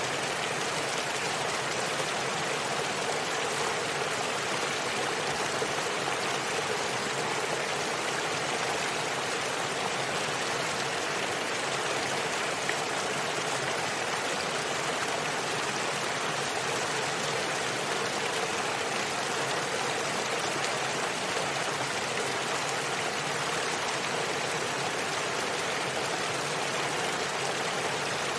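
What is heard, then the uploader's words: A waterfall pours in a steady, dense rush of flowing water, unchanging for the whole stretch. The sound is full, with a bright hiss on top and a softer churning layer below. No other sounds stand out. Waterfall White Noise. Waterfall ambience,natural white noise. Flowing water.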